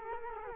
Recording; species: mosquito wingbeat signal from an infrared sensor; Culex quinquefasciatus